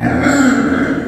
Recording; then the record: squeal of a Yucatan mini pig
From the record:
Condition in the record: after surgery on the right vocal fold (resection and tissue-engineered implant); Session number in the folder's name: 3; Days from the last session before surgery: 21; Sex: female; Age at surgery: 19 weeks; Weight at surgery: 25 kg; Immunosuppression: prednisolone